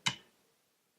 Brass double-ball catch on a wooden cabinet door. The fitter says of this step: makes a really nice clicking sound when you want to open the cabinet